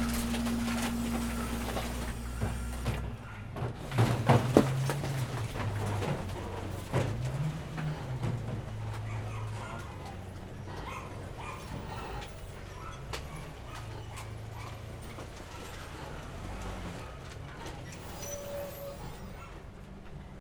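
A garbage truck works nearby, its low engine drone steady at first. From about three seconds in, a burst of clanks, bangs and mechanical rattling fills the air, then settles into a rougher, quieter rumble with a brief high squeal near the end.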